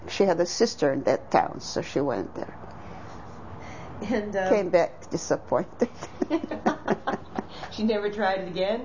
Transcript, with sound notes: She had a sister in that town so she went there.
And—
Came back disappointed (laughs)
She never tried it again?